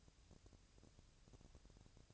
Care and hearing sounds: daily activity, microphone in the room; take from stove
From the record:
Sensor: 2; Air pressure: 999.2 hPa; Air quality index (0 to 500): 199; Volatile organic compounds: 29 ppm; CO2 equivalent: 2935 ppm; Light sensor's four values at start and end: 6/15/6/6 and 6/15/6/6

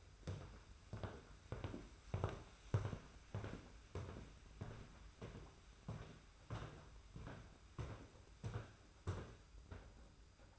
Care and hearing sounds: daily activity, microphone in the room; walk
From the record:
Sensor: 2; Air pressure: 991.5 hPa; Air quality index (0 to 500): 187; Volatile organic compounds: 1000 ppm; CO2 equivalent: 6110 ppm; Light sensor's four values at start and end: 29/90/35/33 and 29/91/35/34

